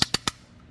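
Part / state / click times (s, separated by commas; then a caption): fuel cap on car fuel filler neck / torque reached / 0.0 s, 0.1 s, 0.3 s. A new factory Honda fuel filler cap, chosen because it has the correct O-ring-shaped seal, is screwed onto a car's fuel filler neck and tightened until its ratchet clutch clicks. Three sharp, bright ratchet clicks sound at 0.0, 0.1 and 0.3 seconds, followed by quiet. The cap is tightened to torque and fits properly.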